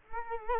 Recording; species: mosquito wingbeat signal from an infrared sensor; Culex quinquefasciatus